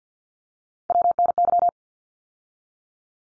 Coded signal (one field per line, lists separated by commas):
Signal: Morse code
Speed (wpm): 50 wpm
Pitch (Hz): 700 Hz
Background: none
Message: WNY